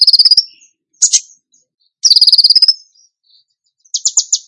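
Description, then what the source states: Bird song with a high rapid trill, a brief chattering burst, another trill, then a run of quick repeated notes. Masteran training recording for songbirds, in the tembakan gacor song style.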